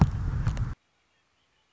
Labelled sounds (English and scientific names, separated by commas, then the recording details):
Red-winged Blackbird (Agelaius phoeniceus)
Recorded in Sonoma County, California